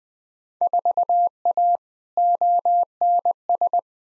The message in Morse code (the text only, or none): 4A ONS